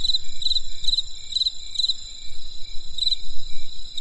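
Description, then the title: Insect calls: a continuous high ringing tone with several brief pulsed chirps and one longer pause, low rumble underneath. Insects calling on a winter night in the countryside. "There was a crisp sound of insects in the winter night. Come and experience a sound therapy feast from the countryside"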